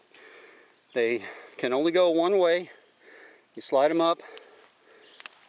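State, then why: Seated. Someone talks while a plastic tent-body hook on a Kelty Salida 2 tent is twisted onto the aluminium pole and slid up. Two sharp clicks at 5.2 and 5.3 seconds mark the hook locking into place on the pole.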